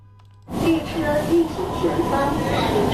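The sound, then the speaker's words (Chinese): After a brief silence, the steady rumble and hiss of a moving Beijing Subway Line 8 car, running from Yinhai toward Zhushikou around 7 a.m. on the line's opening day, fades in abruptly, with a low hum and faint tonal whines under indistinct chatter of passengers taking photos. “早上7点左右，从银海开往朱市口的地铁8号线车厢里，不少前来乘车的市民正拍照留念。”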